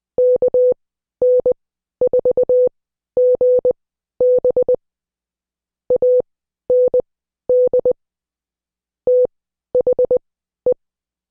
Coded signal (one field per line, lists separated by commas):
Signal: Morse code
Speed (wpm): 20 wpm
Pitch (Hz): 500 Hz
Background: none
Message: KN4GB AND THE